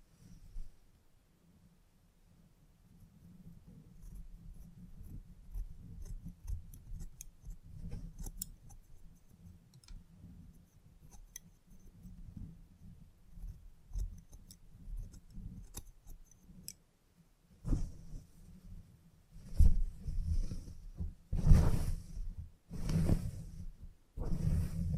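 Haircut scissors snip in quick, irregular runs of small crisp clicks over a low, steady rumble through the first seventeen seconds. After a brief gap, louder bursts take over, with strong low thumps and bright rasping swells around 18, 20, 22 and 24 seconds.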